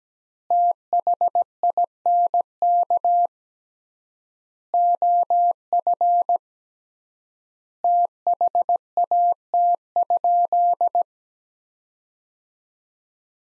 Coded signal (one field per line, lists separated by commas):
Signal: Morse code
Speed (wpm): 17 wpm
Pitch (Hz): 700 Hz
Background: none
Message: THINK OF THAT?